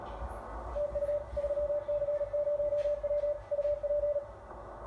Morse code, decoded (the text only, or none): TU 3C0W UP